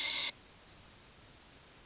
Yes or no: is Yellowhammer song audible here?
no